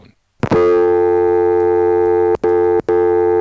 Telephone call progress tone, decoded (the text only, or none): dial tone